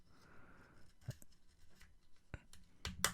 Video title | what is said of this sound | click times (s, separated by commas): DeAgostini Build Your Own X-Wing Issue 53 & 54 - Cop Out | There we go. You hear that clicking when they go in. | 2.3 s, 2.5 s, 2.9 s, 3.0 s